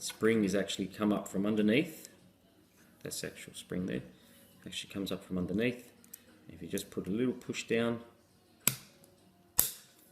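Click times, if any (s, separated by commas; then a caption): 8.7 s, 9.6 s. A return spring that comes up from underneath a recliner handle mechanism is pushed down into place while someone talks. It snaps in with sharp, loud clicks at 8.7 s and 9.6 s and locks into the handle mechanism.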